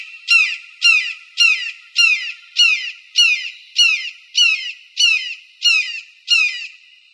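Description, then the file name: Red-shouldered hawk in a long series of about eleven harsh, falling kee-ah screams, repeated steadily nearly twice a second, fading slightly toward the end. Recorded 15 March 2003. "AZFO RSHA deviche"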